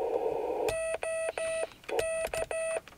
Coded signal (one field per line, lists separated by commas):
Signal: Morse code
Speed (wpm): 14 wpm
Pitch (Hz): 650 Hz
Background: speech, radio noise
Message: OK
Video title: QSO CW DX